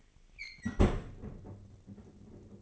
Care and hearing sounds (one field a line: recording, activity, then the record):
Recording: daily activity, microphone in the room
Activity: close fridge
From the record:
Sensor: 4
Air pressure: 996.0 hPa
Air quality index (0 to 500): 65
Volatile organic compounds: 2 ppm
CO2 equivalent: 1176 ppm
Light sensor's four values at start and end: 13/36/13/15 and 13/37/14/16